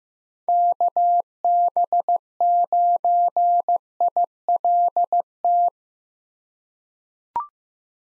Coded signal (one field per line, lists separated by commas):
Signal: Morse code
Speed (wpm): 15 wpm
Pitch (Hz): 700 Hz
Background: none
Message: KB9ILT